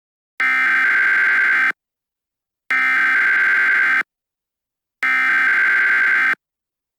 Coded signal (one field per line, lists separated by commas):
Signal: Emergency Alert System (SAME) tones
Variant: header bursts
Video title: EAS Scenario Ghost Trains Part 1